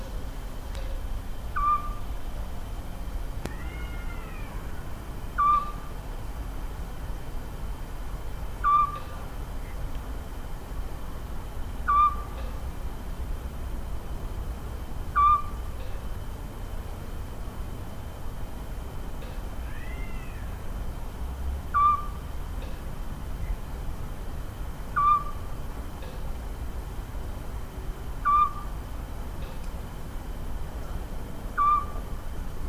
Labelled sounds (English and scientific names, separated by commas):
Eurasian Scops Owl (Otus scops)